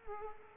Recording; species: mosquito wingbeat signal from an infrared sensor; Culex quinquefasciatus